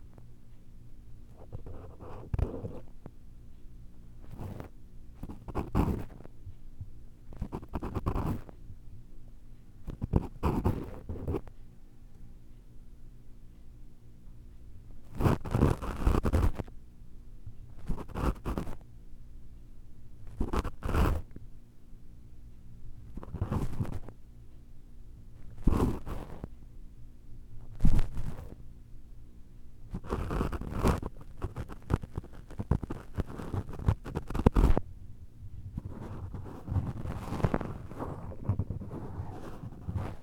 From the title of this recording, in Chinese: 嘗試用不同工具掏耳朵